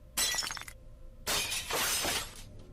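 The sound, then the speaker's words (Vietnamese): A bowl of medicine is knocked from a woman's hand and smashes on the floor: a sharp, bright crash of breaking crockery, then a second, longer burst of shattering and scattering shards, with no voices. “Bỗng nhiên chát một cái, bà Tư vung tay, bát thuốc trong tay bà Ba rơi xuống đất vỡ tan tành.”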